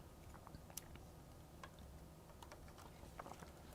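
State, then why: Not seated. A RAM module is handled at a motherboard memory slot, with the latches on both sides still to click. Light ticks and taps of handling sound over a low steady background. Nothing has seated or clicked yet.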